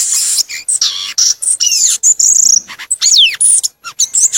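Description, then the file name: Violaceous euphonia song: a rapid, varied jumble of high chips, buzzy notes and sharply falling whistles, run together with brief pauses. "canto do gaturamo verdadeiro"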